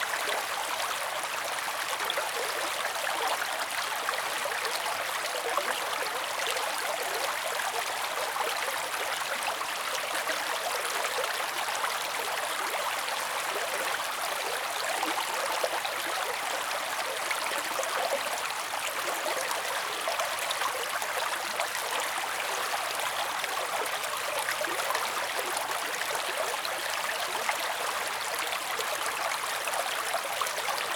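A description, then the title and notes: A babbling brook runs steadily for the whole half-minute, a dense, bubbly rush of water with no pauses. The sound sits mostly in the bright middle and upper range with little low rumble, and tiny splashes and gurgles flicker constantly through the even flow. Bubbly Babbling Brook.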